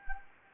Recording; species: mosquito wingbeat signal from an infrared sensor; Anopheles gambiae